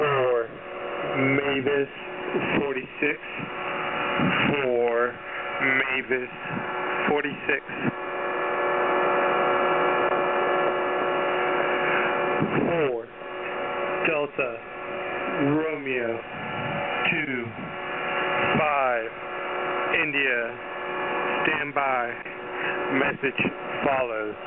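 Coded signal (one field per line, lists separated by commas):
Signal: coded military voice message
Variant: HF-GCS Emergency Action Message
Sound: voice over shortwave reading call signs, numbers and a phonetic letter, then 'stand by, message follows'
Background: radio static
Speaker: The HF-GCS is a US military radio network used primarily by the United States Air Force to send instructions for global operations on a regular basis through coded messages.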